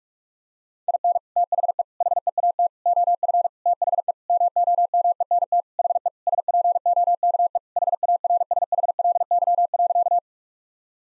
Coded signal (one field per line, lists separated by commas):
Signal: Morse code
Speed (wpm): 46 wpm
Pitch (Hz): 700 Hz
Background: none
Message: IN THE HEAT OF THE MOMENT HE SPOKE HARSHLY.